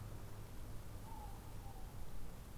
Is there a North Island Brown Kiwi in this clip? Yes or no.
no